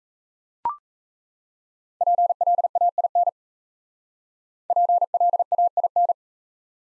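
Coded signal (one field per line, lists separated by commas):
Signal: Morse code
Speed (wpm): 35 wpm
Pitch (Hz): 700 Hz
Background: none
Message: PLAIN PLAIN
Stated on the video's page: Top 500 words Morse drill in speed-racing format, starting fast and slowing to a 28 wpm base.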